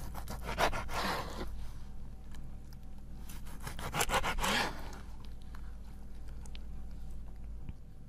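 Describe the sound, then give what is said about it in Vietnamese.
A knife scrapes against a chopping board in two rough, rasping bursts as meat is stripped off bones, each burst made of quick back-and-forth strokes, then quieter scratchy scraping continues without any talking. “Đến bây giờ cụ Lý lại tiếp tục nghe cái tiếng dao thớt xì xoẹp đấy, cũng lại tiếp tục thêm một cơn rùng mình nữa.”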